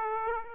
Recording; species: mosquito wingbeat signal from an infrared sensor; Aedes aegypti